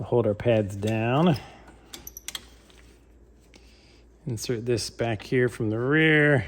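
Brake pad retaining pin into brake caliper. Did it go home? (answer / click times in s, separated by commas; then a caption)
no / none. Someone talks while holding the brake pads down and inserting the metal brake pad retaining pin from the rear into the brake caliper of a Porsche Cayman/Boxster 987. Between about 1.9 and 2.7 s there is a quick run of faint metallic taps and clicks as the pin is handled, followed by more talking. The pin has not seated or snapped in yet.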